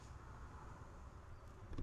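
The rear seat of a 2020 Honda N Box Custom G L Turbo Honda Sensing (2nd generation kei car) is being slid back along its seat track after the seat-slide release is pulled from inside the boot. A steady low rumble and buzzing hum fill the clip, with a brief louder bump near 1.8 s. The rear seat slide rail latch has not locked into place yet, and nothing has seated or clicked.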